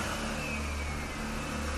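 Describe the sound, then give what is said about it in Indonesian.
A car engine, started for a drive to Bandung, runs with a steady, low rumbling drone and a faint whirring hum layered above it, holding an even loudness for the whole short stretch, with no voices. “Ku nyalakan mobil”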